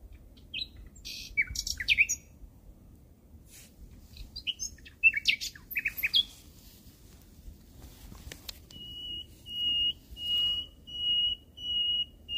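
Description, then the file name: Common nightingale song: a run of varied sharp chirps and rattles, then a series of repeated pure whistled notes. "Nachtegaal"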